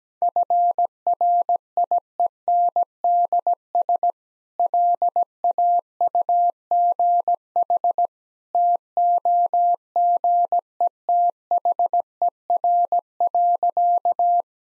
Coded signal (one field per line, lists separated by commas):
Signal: Morse code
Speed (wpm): 17 wpm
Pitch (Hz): 700 Hz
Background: none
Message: FRIENDS LAUGH TOGETHER.